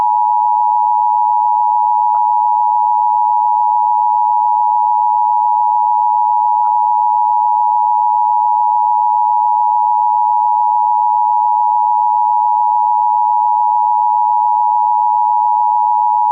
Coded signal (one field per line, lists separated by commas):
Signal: Emergency Alert System (SAME) tones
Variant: 853 and 960 Hz attention tone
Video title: [EAS] "1984": A Realistic Nuclear Attack Scenario (Reuploaded With Commercials & News Segments)